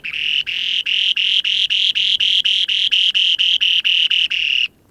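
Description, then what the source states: Spoon-billed Sandpiper song, a buzzy, high trill of many pulses at a steady pitch in quick succession, ending abruptly. Recorded in far northeast Russia, where as few as 100 remaining pairs breed each summer; one of the rarest birds on Earth.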